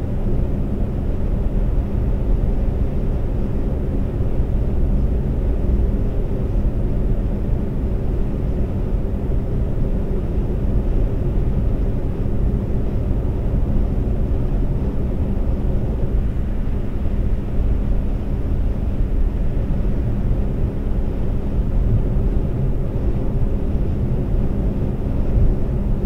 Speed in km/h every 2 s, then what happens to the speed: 127, 127, 127, 127, 127, 127, 127, 127, 127, 127, 127, 127, 127.
0-26 steady at about 127.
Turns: none.